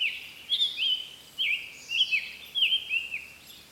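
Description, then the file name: Summer tanager song of quick, slurred, rising-and-dipping whistled phrases, delivered in short bursts with brief pauses between groups. "طائر التانجر الصيفي"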